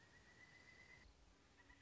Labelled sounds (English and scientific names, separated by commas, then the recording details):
Pileated Woodpecker (Dryocopus pileatus)
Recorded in Sonoma County, California